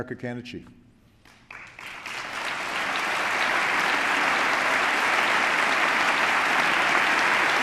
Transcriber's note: applause